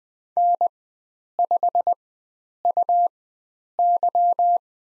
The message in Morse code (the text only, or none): N5UY